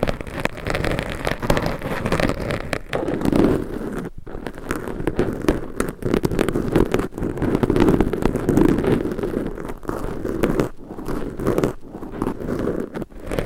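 Microphone scratching: a dense, steady rough rubbing and crackling throughout, low and mid heavy, broken by brief sharp dropouts and clicks.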